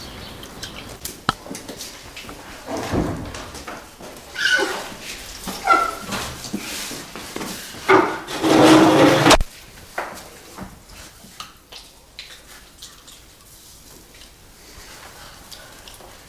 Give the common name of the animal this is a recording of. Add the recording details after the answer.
Bonobo. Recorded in captivity. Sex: male. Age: adult. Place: Zoo Leipzig, Sachsen, DE. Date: 1992-01-11 10:30. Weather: overcast, 0°C. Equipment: Nagra SN, Mikrofon AKG CK 8, Kopie Tesla B 116. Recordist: Tembrock, Günter. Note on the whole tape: 3 adulte Männchen, diverse Laute anfangs im Innenkäfig (starker Hall!!!), dann im Außengehege